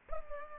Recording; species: mosquito wingbeat signal from an infrared sensor; Culex pipiens